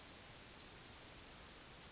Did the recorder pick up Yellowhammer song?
no